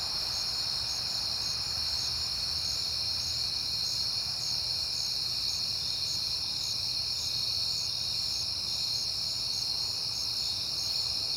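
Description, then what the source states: Crickets chirping in a steady high trill, with a second cricket's soft pulses repeating above it and a faint low hum underneath. Recorded at night on a peaceful September night.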